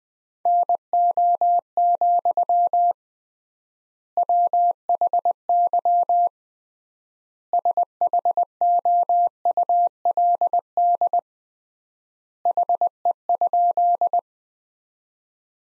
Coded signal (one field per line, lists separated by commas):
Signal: Morse code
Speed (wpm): 20 wpm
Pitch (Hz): 700 Hz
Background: none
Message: NO, WHY SHOULD HE?